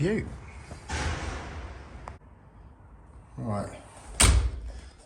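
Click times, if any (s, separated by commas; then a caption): none. A French door's lock latch is tested after fitting by pushing the door shut against its frame keep. Someone talks, a faint tick sounds around 2.1 s, and the door thuds against the frame at 4.2 s. The latch fails to catch and the door only sticks there, so nothing has seated or clicked.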